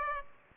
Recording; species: mosquito wingbeat signal from an infrared sensor; Aedes aegypti